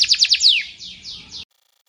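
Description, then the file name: Canary song: a few fast descending chirps followed by a long downward sweep and softer slurred notes, ending abruptly after about a second and a half. Sekar Jagad variety canary song. "kenari sekar jagad"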